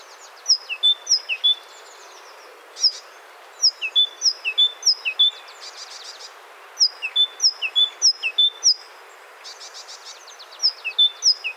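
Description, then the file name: Great tit singing repeated ringing three-note phrases in short bursts, broken twice by a rapid buzzy rattle; faint background hiss throughout. "Parus major"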